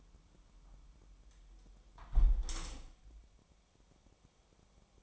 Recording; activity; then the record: daily activity, microphone in the room; close window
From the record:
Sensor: 1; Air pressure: 1006.4 hPa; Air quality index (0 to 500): 208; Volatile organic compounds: 24 ppm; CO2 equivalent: 2808 ppm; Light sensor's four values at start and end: 12/31/12/13 and 12/30/12/13